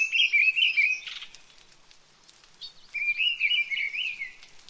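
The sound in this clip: Bird song with fast twittering trills, a pause near the middle, then a rapid run of chattering notes, with faint background hiss.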